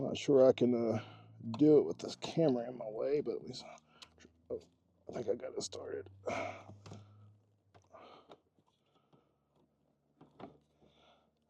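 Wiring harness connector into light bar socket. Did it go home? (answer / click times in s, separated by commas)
no / none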